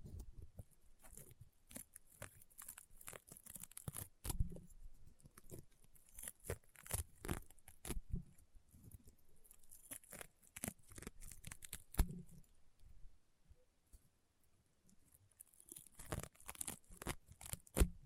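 Crunchy, popping slime is worked in quick bursts of sharp crackles and snaps, dense and irregular, with brief quieter gaps around 12 to 15 seconds. The pops are bright and crisp, some with a soft low thump beneath, and the pace picks up again toward the end.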